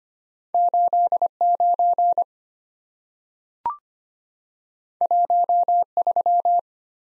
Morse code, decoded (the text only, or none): 89 13